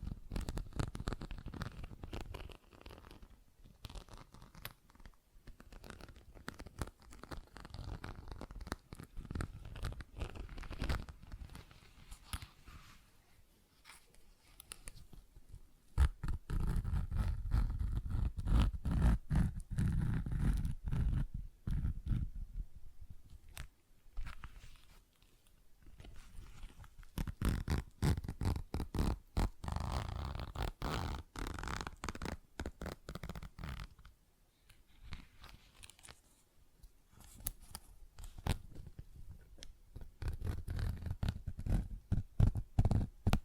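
ASMR tapping and scratching: dense, rapid crackly scratching with quick taps running throughout, swelling into louder, fuller stretches around 16–22 and 27–33 seconds. Quieter, sparser passages fall between, near 12–15, 24–26 and 35–38 seconds, before the rustling picks up again.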